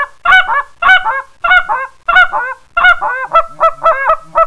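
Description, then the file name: Canada goose: canada geese give loud, rough honks in quick groups of two or three, with short pauses between the bursts. "Canada Honcker"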